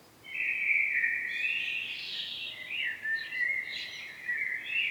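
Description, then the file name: Common blackbird song, one continuous mellow warbled phrase that wanders up and down and finishes with scratchy high notes. "Turdus merula"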